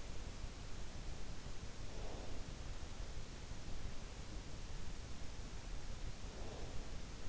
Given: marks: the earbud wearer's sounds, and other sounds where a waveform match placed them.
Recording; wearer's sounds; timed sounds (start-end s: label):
sounds in sleep by an in-ear microphone; breath
2.24-2.95 s: breath
6.26-7.24 s: breath